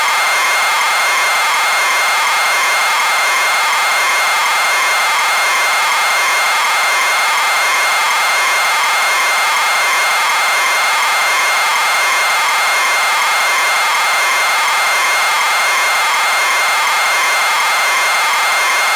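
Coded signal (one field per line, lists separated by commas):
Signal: ZX Spectrum tape loading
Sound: continuous harsh, buzzing data screech with a high whine, no pauses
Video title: zx spectrum loading sim city original from a cassette tape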